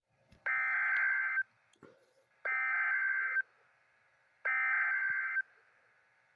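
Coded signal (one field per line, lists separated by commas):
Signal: Emergency Alert System (SAME) tones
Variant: header bursts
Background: speech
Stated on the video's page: Fictional EAS scenario alert tones, without sirens and with the Emergency Action Notification removed.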